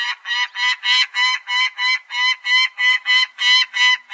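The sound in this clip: Peregrine falcon giving a harsh, grating cacking call, loud rasping notes repeated steadily about three times a second throughout.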